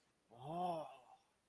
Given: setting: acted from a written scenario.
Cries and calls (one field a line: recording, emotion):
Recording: vocal sound without words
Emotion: awe